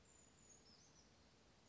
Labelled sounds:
Brown Creeper
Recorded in Sonoma County, California

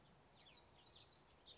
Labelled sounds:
House Finch
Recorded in Sonoma County, California

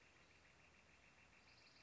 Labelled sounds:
Northern Flicker
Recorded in Sonoma County, California

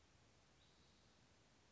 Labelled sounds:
Spotted Towhee
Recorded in Sonoma County, California

